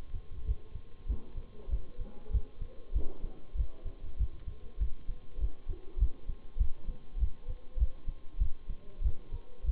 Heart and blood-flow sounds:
heart sounds by stethoscope; between the tricuspid and mitral areas; 98 bpm
0.46 s: heartbeat
1.08 s: heartbeat
1.70 s: heartbeat
2.32 s: heartbeat
2.94 s: heartbeat
3.56 s: heartbeat
4.18 s: heartbeat
4.79 s: heartbeat
5.40 s: heartbeat
5.99 s: heartbeat
6.58 s: heartbeat
7.19 s: heartbeat
7.79 s: heartbeat
8.39 s: heartbeat
9.03 s: heartbeat
9.65 s: heartbeat
From the record:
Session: Bruce protocol treadmill stress test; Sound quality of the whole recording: partially saturated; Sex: male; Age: 23 years

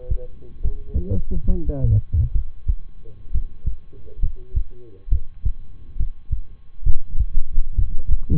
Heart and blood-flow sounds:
heart sounds by stethoscope; between the tricuspid and mitral areas; 67 bpm
0.60 s: heartbeat
1.46 s: heartbeat
2.31 s: heartbeat
3.30 s: heartbeat
4.19 s: heartbeat
5.08 s: heartbeat
5.96 s: heartbeat
6.82 s: heartbeat
7.75 s: heartbeat
From the record:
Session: rest, lying down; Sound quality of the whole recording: good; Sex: male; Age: 23 years

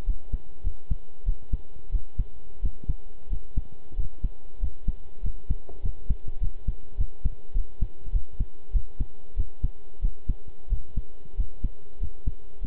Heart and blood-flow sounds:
heart sounds by stethoscope; between the tricuspid and mitral areas; 96 bpm
0.05 s: heartbeat
0.63 s: heartbeat
1.24 s: heartbeat
1.90 s: heartbeat
2.61 s: heartbeat
3.28 s: heartbeat
3.95 s: heartbeat
4.59 s: heartbeat
5.22 s: heartbeat
5.81 s: heartbeat
6.39 s: heartbeat
6.96 s: heartbeat
7.53 s: heartbeat
8.11 s: heartbeat
8.72 s: heartbeat
9.35 s: heartbeat
10.00 s: heartbeat
10.68 s: heartbeat
11.35 s: heartbeat
11.99 s: heartbeat
12.60 s: heartbeat
From the record:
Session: pedaling a stationary bicycle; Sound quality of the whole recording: good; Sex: male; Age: 23 years

